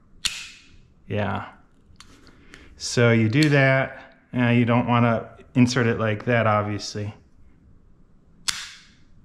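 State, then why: Seated. A magnetic device mount is scooted sideways onto its windshield base plate for a Comma.ai device (Cross Glide mount). Someone talks over a few faint ticks and taps, and at 8.5 s the mount snaps into place with a sharp, loud click, seated.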